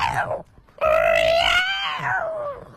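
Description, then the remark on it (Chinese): A voice on Beijing Wenyi Radio mimics the sharp, shrill yowl of a cat crying on a bed: a short rising cry, then a long, sustained wail that slides upward and slowly falls away, loud and nasal with strong harmonics. “当时我妈回家的时候就发现这只猫一直在床上面叫，是很犀利的叫声。”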